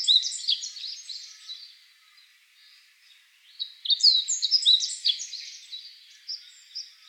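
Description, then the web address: Meadow bunting song: the tail of one high twittering phrase, a pause, then a fuller phrase of rapid chirping notes, fading into scattered single notes. Recorded 15 April 2014. "birdenaga hojiro S 140415"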